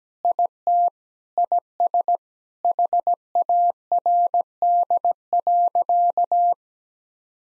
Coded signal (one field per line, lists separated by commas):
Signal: Morse code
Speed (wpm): 17 wpm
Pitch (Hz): 700 Hz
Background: none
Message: IT IS HARD.